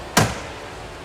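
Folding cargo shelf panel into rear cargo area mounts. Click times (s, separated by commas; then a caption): 0.2 s. The folding rear cargo shelf panel of a 2022 Ford Bronco Sport Outer Banks, rated to 30 lbs, is folded in against its rear cargo area mounts, where a magnet holds it. A single sharp click with a brief low thump rings out at 0.2 s against quiet background noise. The panel seats and magnetizes into place.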